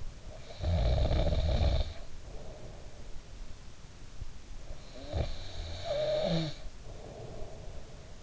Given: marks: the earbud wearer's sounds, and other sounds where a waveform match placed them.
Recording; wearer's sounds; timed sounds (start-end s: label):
sounds in sleep by an in-ear microphone; snoring breath
0.27-3.06 s: snoring breath
4.59-8.23 s: snoring breath